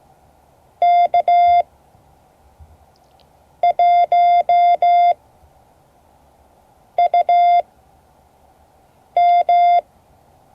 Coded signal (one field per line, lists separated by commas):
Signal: Morse code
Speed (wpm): 16 wpm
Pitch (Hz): 700 Hz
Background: none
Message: K1UM